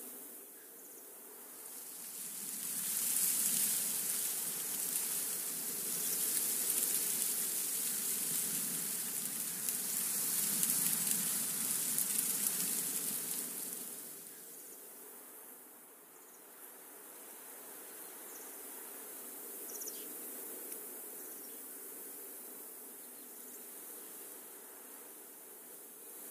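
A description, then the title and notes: Wind rustles steadily through forest leaves in a dense hiss, swelling louder through the first half before easing into a softer, even rush. The windy forest.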